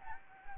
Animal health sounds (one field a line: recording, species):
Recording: mosquito wingbeat signal from an infrared sensor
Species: Anopheles gambiae